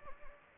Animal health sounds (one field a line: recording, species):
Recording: mosquito wingbeat signal from an infrared sensor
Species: Anopheles gambiae